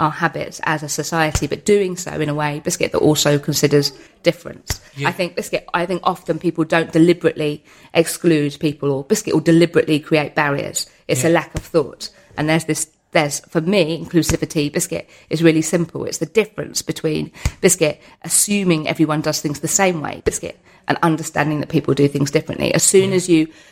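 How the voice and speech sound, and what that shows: Fluent speech from an adult woman, with the word "biscuit" blurted six times mid-sentence: involuntary vocal tics of Tourette syndrome. Her tics are both physical and vocal, with repeated involuntary words and phrases she has no desire to say but cannot stop.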